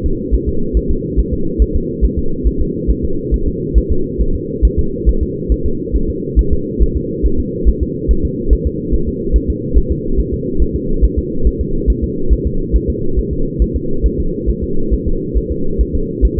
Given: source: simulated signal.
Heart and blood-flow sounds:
fetal heart sounds
0.06 s: S2
0.34 s: S1
0.49 s: S2
0.77 s: S1
0.91 s: S2
1.19 s: S1
1.34 s: S2
1.62 s: S1
1.76 s: S2
2.05 s: S1
2.19 s: S2
2.47 s: S1
2.61 s: S2
2.91 s: S1
3.05 s: S2
3.34 s: S1
3.48 s: S2
3.78 s: S1
3.92 s: S2
4.21 s: S1
4.35 s: S2
4.65 s: S1
4.79 s: S2
5.09 s: S1
5.23 s: S2
5.52 s: S1
5.66 s: S2
5.96 s: S1
6.10 s: S2
6.39 s: S1
6.53 s: S2
6.82 s: S1
6.97 s: S2
7.26 s: S1
7.40 s: S2
7.69 s: S1
7.83 s: S2
8.11 s: S1
8.25 s: S2
8.53 s: S1
8.67 s: S2
8.94 s: S1
9.09 s: S2
9.36 s: S1
9.50 s: S2
9.78 s: S1
9.92 s: S2
10.19 s: S1
10.34 s: S2
10.62 s: S1
10.76 s: S2
11.04 s: S1
11.19 s: S2
11.47 s: S1
11.61 s: S2
11.90 s: S1
12.04 s: S2
12.33 s: S1
12.47 s: S2
12.76 s: S1
12.90 s: S2
13.19 s: S1
13.33 s: S2
13.62 s: S1
13.76 s: S2
14.06 s: S1
14.20 s: S2
14.50 s: S1
14.64 s: S2
14.94 s: S1
15.08 s: S2
15.37 s: S1
15.52 s: S2
15.81 s: S1
15.95 s: S2
16.25 s: S1
16.39 s: S2
From the record:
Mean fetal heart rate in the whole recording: 140 bpm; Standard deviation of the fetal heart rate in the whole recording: 2 bpm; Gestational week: 34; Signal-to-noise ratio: -8.1 dB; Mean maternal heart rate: 72 bpm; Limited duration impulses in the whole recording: absent

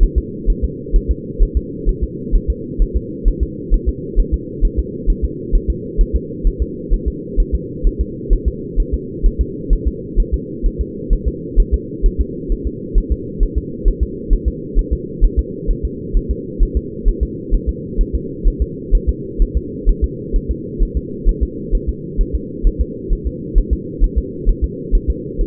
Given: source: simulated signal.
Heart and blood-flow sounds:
fetal heart sounds
0.03 s: S1
0.18 s: S2
0.50 s: S1
0.64 s: S2
0.96 s: S1
1.11 s: S2
1.42 s: S1
1.57 s: S2
1.89 s: S1
2.04 s: S2
2.35 s: S1
2.50 s: S2
2.82 s: S1
2.96 s: S2
3.28 s: S1
3.43 s: S2
3.74 s: S1
3.89 s: S2
4.20 s: S1
4.34 s: S2
4.65 s: S1
4.79 s: S2
5.10 s: S1
5.24 s: S2
5.55 s: S1
5.70 s: S2
6.01 s: S1
6.16 s: S2
6.47 s: S1
6.62 s: S2
6.94 s: S1
7.08 s: S2
7.40 s: S1
7.55 s: S2
7.87 s: S1
8.01 s: S2
8.33 s: S1
8.48 s: S2
8.80 s: S1
8.94 s: S2
9.26 s: S1
9.41 s: S2
9.73 s: S1
9.88 s: S2
10.20 s: S1
10.34 s: S2
10.66 s: S1
10.81 s: S2
11.13 s: S1
11.28 s: S2
11.60 s: S1
11.74 s: S2
12.06 s: S1
12.21 s: S2
12.52 s: S1
12.67 s: S2
12.98 s: S1
13.12 s: S2
13.43 s: S1
13.58 s: S2
13.88 s: S1
14.03 s: S2
14.33 s: S1
14.48 s: S2
14.79 s: S1
14.93 s: S2
15.25 s: S1
15.39 s: S2
15.71 s: S1
15.85 s: S2
16.17 s: S1
16.31 s: S2
16.63 s: S1
16.77 s: S2
17.08 s: S1
17.23 s: S2
17.54 s: S1
17.69 s: S2
18.01 s: S1
18.15 s: S2
18.47 s: S1
18.62 s: S2
18.95 s: S1
19.09 s: S2
19.42 s: S1
19.57 s: S2
19.89 s: S1
20.04 s: S2
20.36 s: S1
20.51 s: S2
20.83 s: S1
20.97 s: S2
21.29 s: S1
21.43 s: S2
21.75 s: S1
21.89 s: S2
22.21 s: S1
22.35 s: S2
22.67 s: S1
22.81 s: S2
23.13 s: S1
23.27 s: S2
23.58 s: S1
23.73 s: S2
24.04 s: S1
24.18 s: S2
24.49 s: S1
24.64 s: S2
24.95 s: S1
25.10 s: S2
25.41 s: S1
From the record:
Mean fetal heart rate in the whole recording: 130 bpm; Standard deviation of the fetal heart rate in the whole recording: 2 bpm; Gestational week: 38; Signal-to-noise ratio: -4.1 dB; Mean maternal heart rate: no maternal heart sound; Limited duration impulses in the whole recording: absent

